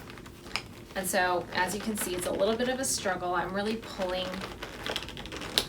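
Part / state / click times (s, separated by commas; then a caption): metal slide clasp on a leather handbag strap into its closure / seated / 5.6 s. Someone talks while straining to pull the strap of an overfilled Bottega Veneta Padded Cassette padded leather bag down and push its round metal slide clasp up into the catch, with small handling clicks near the end. The clasp snaps closed with a sharp click at 5.6 seconds.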